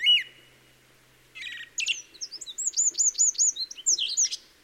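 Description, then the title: Song thrush song: a whistled note, then a buzzy note and a phrase repeated several times in steady rhythm. Song thrush recorded in the Peak District during lockdown; the source calls it the longest unbroken thrush song ever heard. "Thrush and wren, Peak District"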